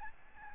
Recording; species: mosquito wingbeat signal from an infrared sensor; Aedes albopictus